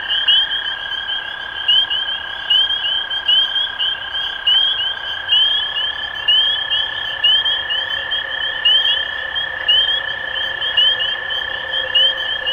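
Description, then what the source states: Spring peeper chorus: sharp upslurred peeps from several frogs, irregularly spaced, above a continuous steady drone. Recorded 23 March 2012.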